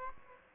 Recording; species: mosquito wingbeat signal from an infrared sensor; Aedes aegypti